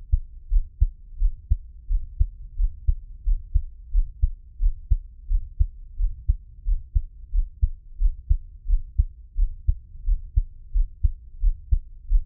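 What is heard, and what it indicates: A normal adult heartbeat, close-miked in ASMR style, with steady low-pitched heart sounds and no talking.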